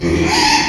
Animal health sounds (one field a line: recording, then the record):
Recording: squeal of a Yucatan mini pig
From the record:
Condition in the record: after surgery on the right vocal fold (resection and tissue-engineered implant)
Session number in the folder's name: 2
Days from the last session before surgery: 13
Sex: male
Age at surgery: 12 weeks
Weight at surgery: 13 kg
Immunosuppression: cyclosporine, prednisolone